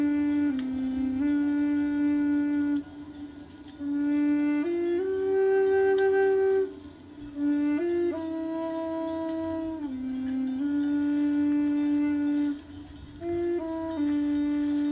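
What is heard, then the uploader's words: A tenor recorder plays a slow improvisation of long, held notes, mostly on one low-middle pitch with occasional steps up and back down. The tone is pure and steady, broken by short pauses, over a soft low rumble in the background. Tenor recorder improvisation to a field recording of sheep and their bells from Sicily.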